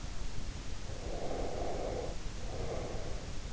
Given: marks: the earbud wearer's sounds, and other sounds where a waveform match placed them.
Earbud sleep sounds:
sounds in sleep by an in-ear microphone; breath
0.89-3.43 s: breath

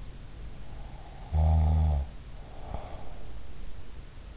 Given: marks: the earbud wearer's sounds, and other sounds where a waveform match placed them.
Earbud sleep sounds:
sounds in sleep by an in-ear microphone; snoring breath
0.95-3.52 s: snoring breath

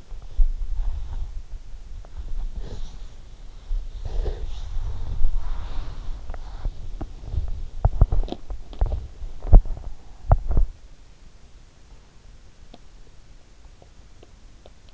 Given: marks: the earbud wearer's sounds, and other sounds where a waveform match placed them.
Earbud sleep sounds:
sounds in sleep by an in-ear microphone; body movement, breath
0.00-14.94 s: body movement
4.58-6.10 s: breath

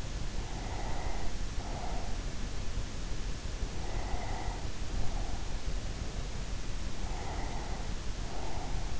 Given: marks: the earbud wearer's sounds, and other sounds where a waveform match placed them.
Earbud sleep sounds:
sounds in sleep by an in-ear microphone; breath
0.48-2.62 s: breath
3.48-5.91 s: breath
6.88-8.99 s: breath

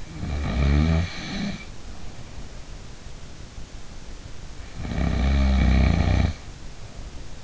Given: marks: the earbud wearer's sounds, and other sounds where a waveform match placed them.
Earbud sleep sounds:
sounds in sleep by an in-ear microphone; snoring breath
0.11-2.65 s: snoring breath
4.81-7.44 s: snoring breath

